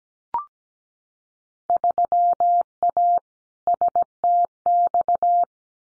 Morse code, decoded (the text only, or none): 3A STX